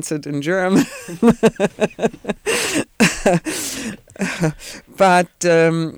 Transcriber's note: she laughs